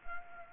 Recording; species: mosquito wingbeat signal from an infrared sensor; Anopheles gambiae